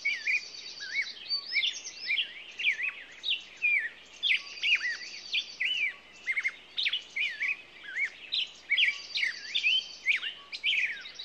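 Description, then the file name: Several songbirds singing together, mixing quick chirps and slurred whistles, while a bright buzzy trill repeats every few seconds above the dense chorus. Morning songbirds. "Echoes Of Nature-Morning Songbirds"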